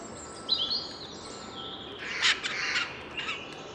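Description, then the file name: Eurasian jay uttering a rough, grating screech midway, preceded by high thin whistles and followed by fainter raspy notes. "Garrulus glandarius"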